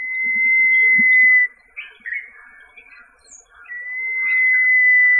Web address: Common Iora